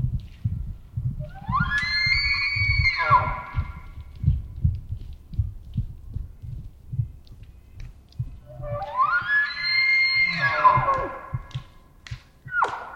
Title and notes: Wild Elk Bugle And Herd Running. Elk bugling and thunderous sounds of running on packed earth, multiple herds surround campsite in early morning hours. Recorded in the Beautiful Pacific Northwest in Washington, Untied States